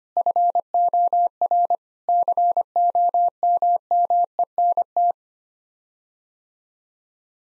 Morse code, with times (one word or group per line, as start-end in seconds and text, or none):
0.2-1.8 FOR
2.1-5.1 COMMENT